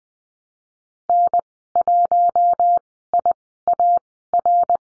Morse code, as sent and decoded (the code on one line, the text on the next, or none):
-. .---- .. .- .-.
N1IAR